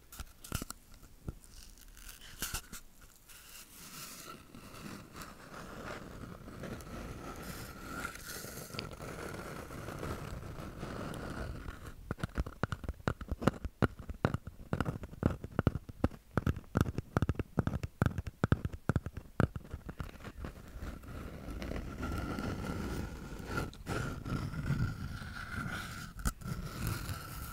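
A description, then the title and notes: Bare-mic tapping and rubbing with a low rumble, breaking into dense sharp clicks and crunches from about twelve to twenty seconds. ASMR Intense Bare Mic Triggers.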